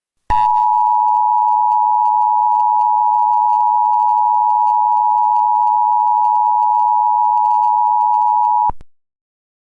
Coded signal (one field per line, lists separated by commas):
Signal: Emergency Alert System (SAME) tones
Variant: 853 and 960 Hz attention tone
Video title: Monkeyville Police Dep@rtment Emergency Alert System 6610